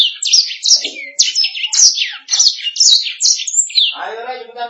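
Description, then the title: Canary warbling in fast high phrases, with a lower harsh squawk-like sound near the end. "BM Suara Kenari"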